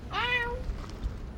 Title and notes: Cat Feeding. Recorded on Aug. 6 and 8, 2023